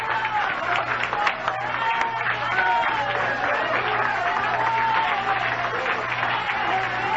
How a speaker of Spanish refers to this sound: Póngase de pie en esta noche. Denle un aplauso grande al Dios del cielo.